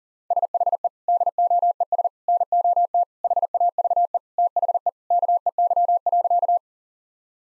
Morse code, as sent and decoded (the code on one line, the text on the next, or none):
... .... . / -.. --- . ... / -. --- - / .... .- ...- . / - .... . / -.- . -.-- .-.-.-
SHE DOES NOT HAVE THE KEY.